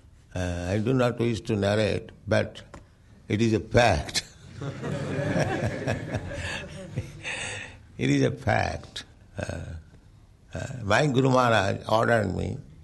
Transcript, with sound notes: I do not wish to narrate, but it is a fact. [laughs] It is a fact. My Guru Mahārāja ordered me